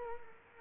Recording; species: mosquito wingbeat signal from an infrared sensor; Culex quinquefasciatus